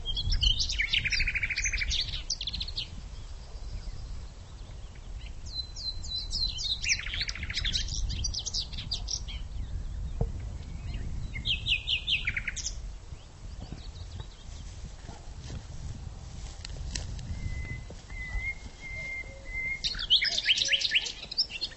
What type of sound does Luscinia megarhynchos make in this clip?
song